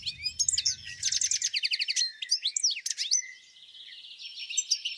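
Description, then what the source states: European goldfinch song, a rapid jumble of high twitters and trilled notes ending in a thin, steady buzzy trill. Song described as a twittering chatter: a string of calls, trills, whistles and high notes mixed without structure, lively and cheerful.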